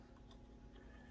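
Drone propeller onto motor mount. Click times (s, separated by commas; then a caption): 0.3 s. A black plastic propeller for a DJI Mavic Air 2 drone is twisted onto a motor with gray markings that it is not meant to fit. A single faint tick at 0.3 s marks it locking down onto the motor mount. The mismatched propeller still seats in place.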